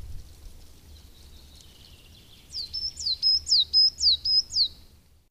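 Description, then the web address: Coal tit song, one high, clear phrase of several rapid repeated double notes, faint wind-like rumble beneath. "agykontroll Madardalok Cd 1. Fenyves cinege"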